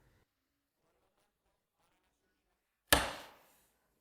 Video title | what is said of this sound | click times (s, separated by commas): How Ski Mountaineering Bindings Work [Beginner's Guide] | and this position if we apply a lot of force to the it jumps up | 2.9 s